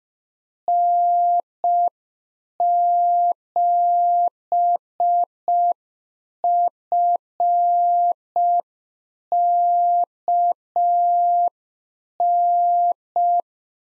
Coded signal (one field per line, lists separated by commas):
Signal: Morse code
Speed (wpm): 5 wpm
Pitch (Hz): 700 Hz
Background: none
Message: N7FKN